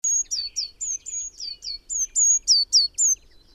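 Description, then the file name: Eurasian blue tit giving a quick, steady series of high, piercing notes, each sliding downward, repeated about four times a second throughout. "Cyanistes caeruleus"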